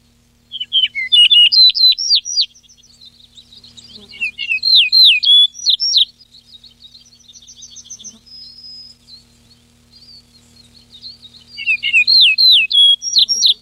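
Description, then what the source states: Yellow-breasted bunting song: three phrases of sharp downslurred whistles, with softer high trilling notes in the gaps. 14 June 1993.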